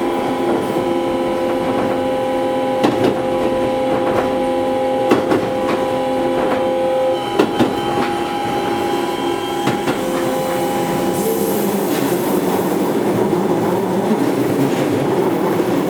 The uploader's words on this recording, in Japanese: 京王7000系(ワンマン車) 高幡不動〜多摩動物公園。京王7000系 4両編成。20 m両開き4扉。ステンレス車で戸袋窓を備えるのは珍しく。